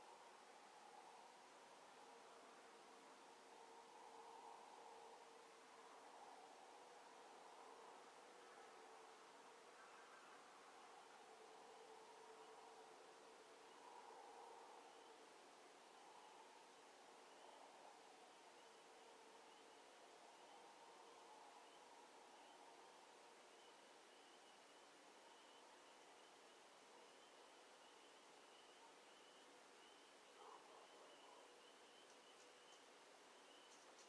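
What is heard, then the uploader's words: A quiet night outdoors under cloud, filled with a steady, even hiss like wind or flowing water. Faint tonal murmurs drift in the middle range, and a thin high whine persists throughout. A brief soft knock sounds near thirty seconds. Early Morning Audio. Started 3:30AM ended 4:00AM. Was supposed to storm, though ended up being a cloudy and peaceful night.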